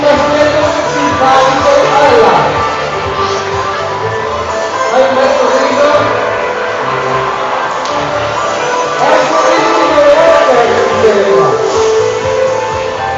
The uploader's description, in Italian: Casino durante un laboratorio di bolle di sapone e di alienazione, in un centro commerciale